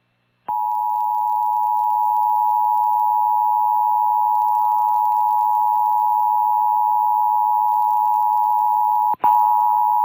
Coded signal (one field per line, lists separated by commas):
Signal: Emergency Alert System (SAME) tones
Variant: 853 and 960 Hz attention tone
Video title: PBS Kids Channel Program Break With EAS (2022 WMPB-DT3)